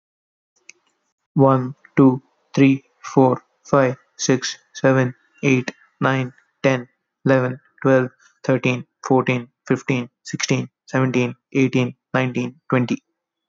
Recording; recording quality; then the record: counting at a normal pace; excellent, no background noise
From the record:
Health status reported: healthy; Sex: male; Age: 25 years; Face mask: not worn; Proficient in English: yes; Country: India